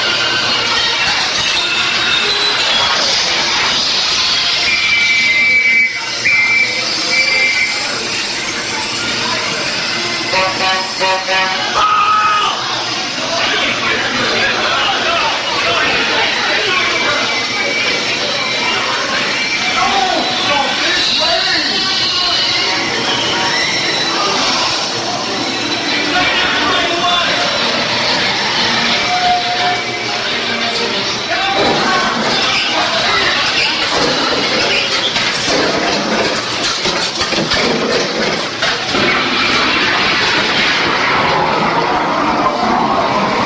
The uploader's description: a trip to Disneyland